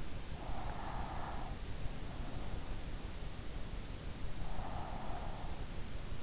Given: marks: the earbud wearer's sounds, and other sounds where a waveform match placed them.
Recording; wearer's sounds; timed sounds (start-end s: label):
sounds in sleep by an in-ear microphone; breath
0.31-1.53 s: breath
4.16-5.59 s: breath